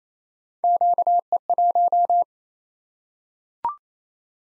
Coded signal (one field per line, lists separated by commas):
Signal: Morse code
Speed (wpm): 28 wpm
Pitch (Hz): 700 Hz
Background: none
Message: QE1